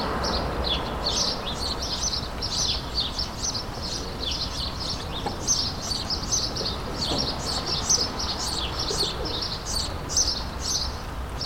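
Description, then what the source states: Sparrows chirping in a dense, continuous chorus of short high chirps overlapping throughout, with a low steady background hum. Several sparrows in a suburban setting, ambient; May 2022.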